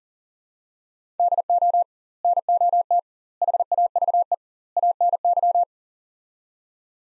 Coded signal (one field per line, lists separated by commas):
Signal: Morse code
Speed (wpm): 40 wpm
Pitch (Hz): 700 Hz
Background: none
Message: DO NOT HAVE ANY